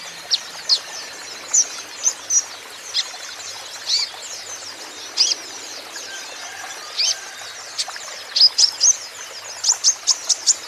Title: KOLIBRI NINJA KONIN IJOAN GACOR PANCINGAN TERAPI KONIN NYAUT